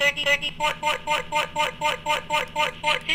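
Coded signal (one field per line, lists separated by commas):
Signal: none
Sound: a timer's button beeps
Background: speech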